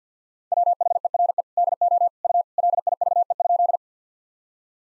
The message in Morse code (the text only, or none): WHERE DO U LIVE?